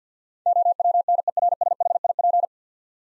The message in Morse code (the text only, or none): OWNERSHIP